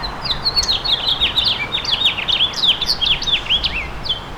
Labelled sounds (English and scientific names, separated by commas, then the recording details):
House Finch (Haemorhous mexicanus) song
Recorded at Babylon on Long Island, New York, on 18 May 2013
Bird F